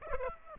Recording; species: mosquito wingbeat signal from an infrared sensor; Aedes aegypti